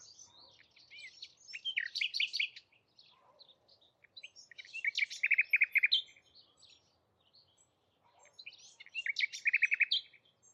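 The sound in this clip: Birdsong in three bursts roughly every three and a half seconds, each a jumble of high twitters ending in a quick rattling trill.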